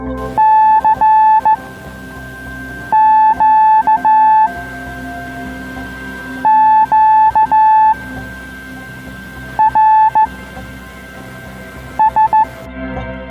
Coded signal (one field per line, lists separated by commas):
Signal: Morse code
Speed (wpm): 15 wpm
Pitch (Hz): 870 Hz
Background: music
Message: C Q Q R S